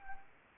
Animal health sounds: mosquito wingbeat signal from an infrared sensor; Anopheles arabiensis

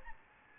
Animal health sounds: mosquito wingbeat signal from an infrared sensor; Aedes albopictus

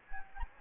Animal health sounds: mosquito wingbeat signal from an infrared sensor; Anopheles gambiae

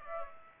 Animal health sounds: mosquito wingbeat signal from an infrared sensor; Aedes aegypti

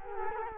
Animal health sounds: mosquito wingbeat signal from an infrared sensor; Culex quinquefasciatus

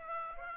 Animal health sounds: mosquito wingbeat signal from an infrared sensor; Aedes aegypti

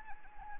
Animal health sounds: mosquito wingbeat signal from an infrared sensor; Anopheles arabiensis

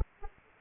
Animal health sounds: mosquito wingbeat signal from an infrared sensor; Anopheles arabiensis

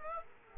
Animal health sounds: mosquito wingbeat signal from an infrared sensor; Aedes aegypti

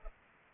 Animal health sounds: mosquito wingbeat signal from an infrared sensor; Culex pipiens

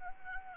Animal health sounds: mosquito wingbeat signal from an infrared sensor; Anopheles arabiensis

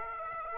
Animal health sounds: mosquito wingbeat signal from an infrared sensor; Aedes aegypti

